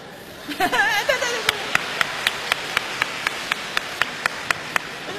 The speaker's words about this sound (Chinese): 您各位还鼓掌，你这都什么学问呢？